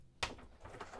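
A folding shower screen panel in the washroom of a 2022 Roller Team Zefiro 696 motorhome is released from its stowed wall clip so it can be pulled around the shower. A sharp pop is heard at 0.2 s as the panel comes free, followed by fainter knocks around 0.7 s and 0.8 s. The screen is released.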